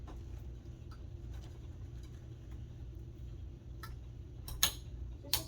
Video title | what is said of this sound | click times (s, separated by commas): Sinister Steve the Clown Animatronic Unboxing and Setup - Home Depot Halloween 2023 | these just snap right into place | 4.6 s, 5.3 s